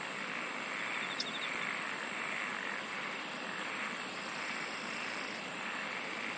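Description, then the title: Insect chorus drones steadily, with a sharp click near the start and a rapid high pulsed trill through the middle. "SINGING OF INSECTS"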